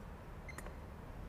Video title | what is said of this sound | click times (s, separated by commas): S&G Keypad Gun Safe Locks - Sargent Greenleaf Keypads | we heard a click what we're going to do here is we're going to rotate the outer ring | 0.6 s, 0.7 s